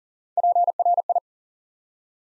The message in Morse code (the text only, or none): PRI